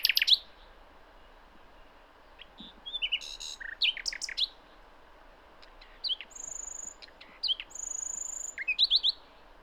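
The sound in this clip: Common nightingale song in several short bursts of varied chirps, sharp whistles and fast buzzy trills, separated by brief pauses.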